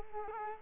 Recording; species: mosquito wingbeat signal from an infrared sensor; Culex quinquefasciatus